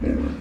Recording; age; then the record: pig call; growing-finishing pig (85 days or more)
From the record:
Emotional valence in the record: negative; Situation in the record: barren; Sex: female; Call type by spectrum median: low-frequency call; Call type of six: low-frequency stable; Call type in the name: low-frequency stable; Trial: 3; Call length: 0.42 s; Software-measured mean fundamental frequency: 61 Hz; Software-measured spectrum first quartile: 116 Hz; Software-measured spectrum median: 242 Hz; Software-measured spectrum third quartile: 367 Hz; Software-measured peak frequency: 261 Hz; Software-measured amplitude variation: 176 dB a second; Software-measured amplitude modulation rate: 28.9 a second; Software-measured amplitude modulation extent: 6.1 dB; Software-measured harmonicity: 0.4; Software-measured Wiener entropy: -0.67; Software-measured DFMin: 681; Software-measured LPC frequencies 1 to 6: 333, 1600, 2409, 3357, 4289, 5033 Hz